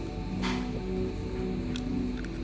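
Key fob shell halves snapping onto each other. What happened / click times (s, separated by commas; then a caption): Small plastic housing handled under background music, not yet snapped shut / none. The two plastic halves of a Mercedes-Benz four-button triangle panic key fob housing are handled and pressed together to engage its two catch latches, over a steady tonal background. A broad burst of noise sounds near 0.5 s, and short sharp handling ticks come at about 1.8, 2.2 and 2.3 s. The clip ends before the shell goes home, so nothing has seated or clicked yet.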